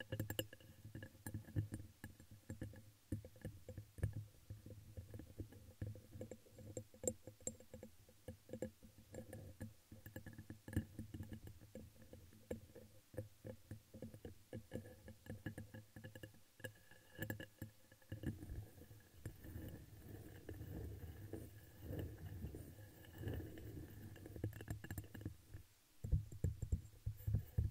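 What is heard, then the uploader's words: Crinkling and brushing on plastic, paper and silicone, with dense, rapid scratchy ticks running almost without pause for the whole clip. Most of the sound sits low and muffled, with brighter crackles scattered throughout and a brief quieter gap near the twenty-five second mark. Crinkles, Plastic, Brush, Silicone, Glass, Paper.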